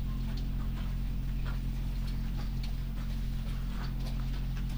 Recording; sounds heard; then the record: poultry house recording; sick chickens (respiratory disease)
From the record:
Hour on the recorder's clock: 0